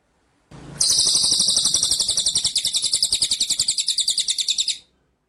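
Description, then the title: White-rumped shama song: a rapid, high, buzzy trill of many closely spaced notes sustained for about four seconds, ending abruptly. Masteran (training) track of full song in ngerol (rolling) and nembak (shooting) style. "Masteran Murai Batu Full Ngerol Nembak"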